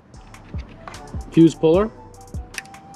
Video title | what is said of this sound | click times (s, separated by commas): Possible Air Suspension Fix for my 2016 Ram 1500 Sport | back until you hear a click and you're straight and you're all set now guys | 2.6 s